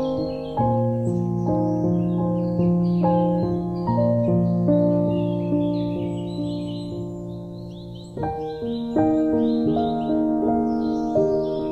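A slow, gentle piano melody plays over birdsong in a spring forest. Low, ringing notes and chords enter about once a second and sustain, with a fuller chord change near eight seconds, while bright bird chirps and calls continue throughout.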